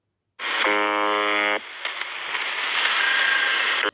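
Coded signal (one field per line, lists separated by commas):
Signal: channel marker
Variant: UVB-76 (The Buzzer)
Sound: one harsh, low, roughly one-second buzz over shortwave hiss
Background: radio static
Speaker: tout ce qu'on retient c'est ce [Applaudissements] sang et oui le son perpétuel de buzzer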